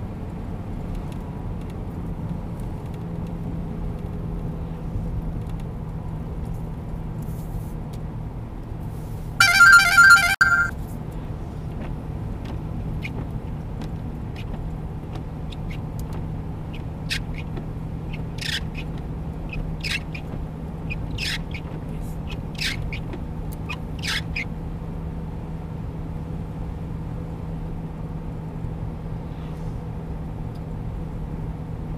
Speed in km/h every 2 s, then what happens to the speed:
94, 90, 88, 86, 84, 85, 85, 86, 87, 88, 87, 88, 88, 89, 88, 88.
0-8 slows to 84. 8-32 steady at about 87.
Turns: none.